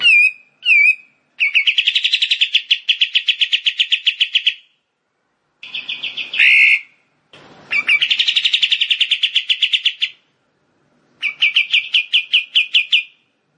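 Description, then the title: Bar-winged prinia song: fast trills of high buzzy notes in several bursts separated by short pauses, with a brief harsher note among them. Rice-field (sawah) song variety. "Ciblek Sawah 1"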